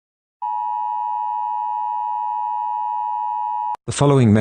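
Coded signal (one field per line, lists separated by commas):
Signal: Emergency Alert System (SAME) tones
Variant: 853 and 960 Hz attention tone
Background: speech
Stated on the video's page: Fictional EAS scenario using a text-to-speech app.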